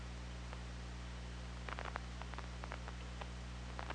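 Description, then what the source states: Orca clicks, a cluster of sharp pulses arriving in quick runs after a quiet start, with steady low hum beneath. Underwater hydrophone at OrcaLab, 24 August 2017, around 23:20 at night.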